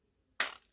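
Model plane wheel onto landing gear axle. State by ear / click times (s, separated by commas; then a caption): seated / 0.4 s. An RC plane wheel is pushed onto its carbon fiber landing gear axle, and after a quiet stretch a single loud, sharp snap rings out at 0.4 s and decays quickly. The flange seats in the notch, and the wheel is confirmed snapped into place on the axle.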